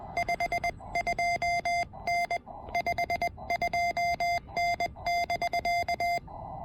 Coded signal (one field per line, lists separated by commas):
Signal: Morse code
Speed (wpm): 20 wpm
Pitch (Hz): 700 Hz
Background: none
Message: 52N 52N <BK>